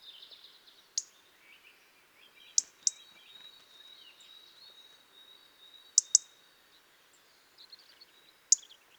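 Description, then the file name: European robin producing sharp, high tick calls singly and in pairs every few seconds, with faint soft twittering and a thin steady tone behind. "Erithacus rubecula"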